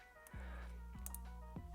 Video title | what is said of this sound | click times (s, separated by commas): No One Could Fix This Abandoned Car in 4 Years… I Rebuilt It In 24 Hours! | Put that back in, push it fully in. Nice satisfying click. | 1.1 s